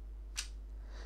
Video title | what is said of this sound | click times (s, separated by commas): TECH:TIPS - KWA Glock 19 and Glock 23F compatibility test | straight away, the slide has gone on and it's locked into place. | 0.4 s